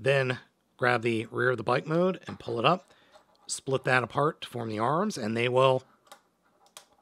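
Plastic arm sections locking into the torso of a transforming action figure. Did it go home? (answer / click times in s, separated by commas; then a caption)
yes / 6.8 s. Someone talks while converting a Transformers Generations Legacy Deluxe Prime Arcee action figure from bike mode to robot mode, pulling up the rear of the bike mode and splitting it apart to form the arms. After the talking stops, a sharp click at 6.8 s marks the plastic arm sections snapping into place on the torso.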